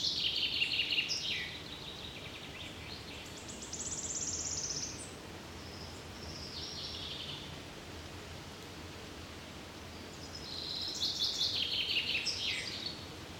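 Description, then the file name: Common chaffinch song in short separated bursts of rapid high notes, several phrases spread throughout with quiet gaps between, against constant low hiss. "Fringilla coelebs"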